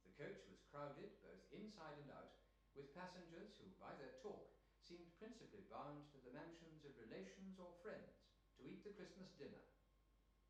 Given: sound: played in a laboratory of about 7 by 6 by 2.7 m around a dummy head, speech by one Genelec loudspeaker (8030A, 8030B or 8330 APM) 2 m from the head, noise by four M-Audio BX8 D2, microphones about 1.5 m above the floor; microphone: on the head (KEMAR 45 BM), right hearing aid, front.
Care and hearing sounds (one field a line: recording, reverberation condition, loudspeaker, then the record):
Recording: male speech in English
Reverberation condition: medium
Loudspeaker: 90 degrees to the left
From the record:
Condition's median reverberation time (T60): about 510 ms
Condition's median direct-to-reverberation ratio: about -0.5 dB